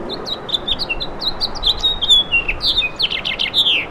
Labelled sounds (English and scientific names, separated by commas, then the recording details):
House Finch (Haemorhous mexicanus) song
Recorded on Long Island, New York, on 17 May 2012
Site AB
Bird B